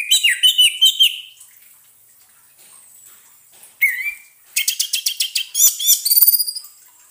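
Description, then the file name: Orange-headed thrush song with varied whistled notes followed after a pause by a quick series of sharp repeated notes and high trills. Therapy sound to get an orange-headed thrush that has stopped singing to sing again. "terapi suara anis merah macet bunyi"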